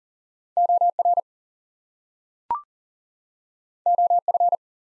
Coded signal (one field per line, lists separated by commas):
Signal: Morse code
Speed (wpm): 38 wpm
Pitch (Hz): 700 Hz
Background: none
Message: OR OF